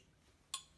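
A locking pin is pushed over the collar of a cold water line fitting in the port of an AquaOx DF 1 under-sink filter head; the collar was first pried out slightly with a flat screwdriver, and the pin is then rotated up so it will not come out. After a quiet stretch, one sharp, bright click with a short metallic ring is heard at 0.5 s. The pin snaps into place and is seated.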